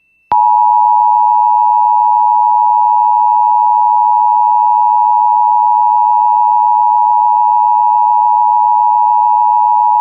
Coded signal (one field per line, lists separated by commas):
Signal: Emergency Alert System (SAME) tones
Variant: 853 and 960 Hz attention tone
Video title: EAS Timeline Montana, North Dakota and South Dakota Severe Weather Outbreak NOAA Weather Radio